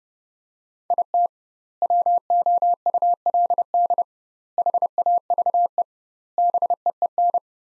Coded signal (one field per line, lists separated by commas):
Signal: Morse code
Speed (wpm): 30 wpm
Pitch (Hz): 700 Hz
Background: none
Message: IT WOULD HAVE BEEN